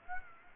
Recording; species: mosquito wingbeat signal from an infrared sensor; Aedes aegypti